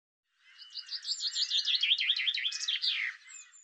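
Bird song of quick repeated down-slurred notes in a steady run, closing with a descending sweep, followed by a couple of thin high whistles.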